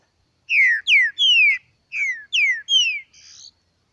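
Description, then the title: Green-winged saltator song: a quick phrase of loud, slurred whistles, each falling in pitch, then a softer, buzzier closing note. No other sounds. Bird named Nicão in the bush, singing in a contest with a free-living bird. "Trinca Ferro NICÃ O No Mato Disputando Com Solto"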